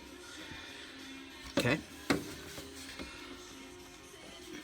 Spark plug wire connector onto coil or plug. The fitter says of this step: if you don't hear a click like that one I didn't hear a click at all